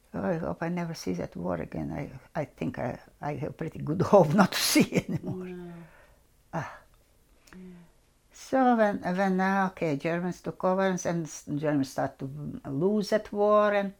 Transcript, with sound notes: Oh, I hope I never see that war again. I think I have pretty good hope (she laughs) not to see any more. Ah. So when, okay, Germans took over, and Germans start to lose that war,